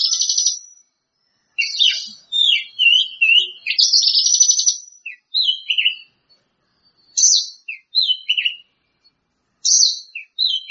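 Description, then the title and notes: Bird song in bursts of high trills and twisting warbled phrases separated by brief silences, each burst mixing buzzy and whistled notes. "Kicau Burung Lengkap"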